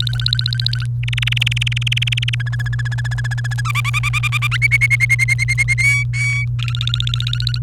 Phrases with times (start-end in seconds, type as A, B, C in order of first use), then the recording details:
0.00-0.85 A, 1.03-2.35 B, 2.40-3.61 C, 3.65-4.57 D, 4.62-5.74 E, 5.78-6.45 F, 6.59-7.58 A. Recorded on 29 April 2018 at 16:44. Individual llb3